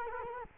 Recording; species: mosquito wingbeat signal from an infrared sensor; Culex quinquefasciatus